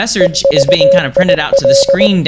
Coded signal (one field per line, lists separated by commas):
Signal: Morse code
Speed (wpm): 19 wpm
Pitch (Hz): 550 Hz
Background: speech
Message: EVIL